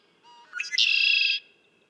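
Red-winged blackbird song: a soft opening note, a quick stuttered lead-in, then a half-second rich buzzy trill.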